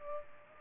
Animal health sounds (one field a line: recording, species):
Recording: mosquito wingbeat signal from an infrared sensor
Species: Culex pipiens